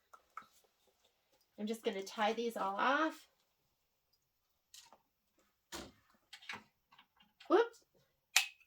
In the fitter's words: Almost didn't snap that lid on.